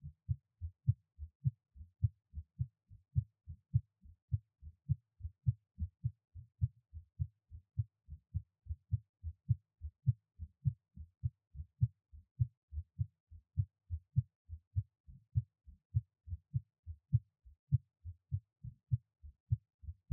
Give my Heartbeat. I recorded it right away when I was done with the workout.